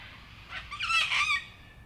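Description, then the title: Sulphur-crested cockatoo screech: one harsh, raspy squawk lasting about a second, over quiet background hiss. Many cockatoos on a typical evening in Canberra, Australia, in April 2020 during lockdown. "An Evening in Canberra (Feat. 500 Cockies)"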